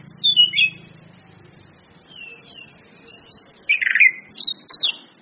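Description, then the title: Orange-headed thrush singing short, clear whistled slurs and warbled notes, with a soft low hum early on and a richer burst of phrases near the end. Indonesian bird-training lure of ngeplong-style song with female whistles, meant to make birds sing actively. "PANCINGAN anis kembang ngeplong dan SUITAN BETINA"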